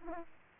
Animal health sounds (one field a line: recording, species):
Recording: mosquito wingbeat signal from an infrared sensor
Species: Aedes aegypti